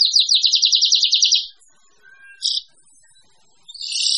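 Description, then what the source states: Birds in high rapid chattering trills: a long run at the start, a brief burst midway and a dense phrase at the end, separated by near silence. A mix of different birds.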